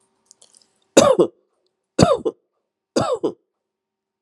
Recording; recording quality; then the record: shallow voluntary cough; excellent, no background noise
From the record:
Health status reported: respiratory illness, not identified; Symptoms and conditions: hypertension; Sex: male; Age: 45 years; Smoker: not ticked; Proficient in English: yes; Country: Canada